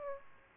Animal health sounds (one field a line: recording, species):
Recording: mosquito wingbeat signal from an infrared sensor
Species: Aedes aegypti